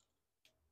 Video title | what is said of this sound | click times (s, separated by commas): Pop Up Card - Caterpillar Pop Up Card | And I heard it click. | 0.5 s